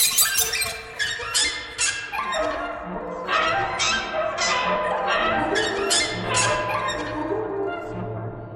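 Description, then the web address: Bird calling with rapid, harsh squeaky squawks that slide downward, repeated almost continuously. "soundfactory birds"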